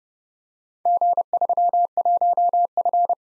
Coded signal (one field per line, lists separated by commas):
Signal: Morse code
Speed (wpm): 29 wpm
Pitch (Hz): 700 Hz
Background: none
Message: G31F